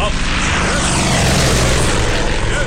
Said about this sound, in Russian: В небе учебный самолет выполняет фигуру высшего пилотажа. В кабине Гагарин. Полетные очки сдвинуты на лоб поверх шлемофона. Сквозь прозрачную кабину видна земля. Самолет набирает высоту. В вертикальном положении вращается вокруг своей оси.